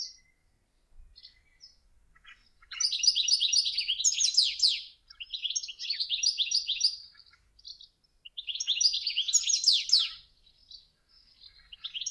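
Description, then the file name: European goldfinch song, tinkling twittering phrases of rapid liquid notes and buzzy trills in three longer bursts, with short call notes between. "ohakalind"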